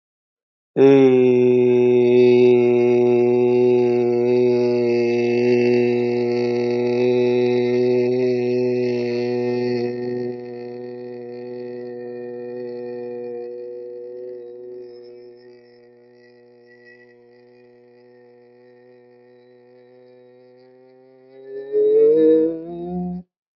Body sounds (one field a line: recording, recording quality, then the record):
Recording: sustained vowel as in made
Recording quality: excellent, no background noise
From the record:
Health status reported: COVID-19 positive, mild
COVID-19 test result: positive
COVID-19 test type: RT-PCR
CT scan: not taken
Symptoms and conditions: cold, sore throat, fever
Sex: male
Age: 24 years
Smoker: no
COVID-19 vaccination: both doses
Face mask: not worn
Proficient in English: no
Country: India